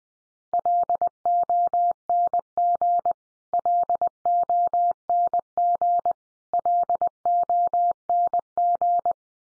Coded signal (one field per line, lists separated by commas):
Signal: Morse code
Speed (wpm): 20 wpm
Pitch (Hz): 700 Hz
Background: none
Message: LONG LONG LONG